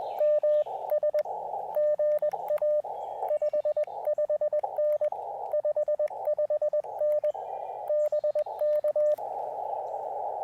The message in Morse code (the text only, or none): M S GA 55N 55N BK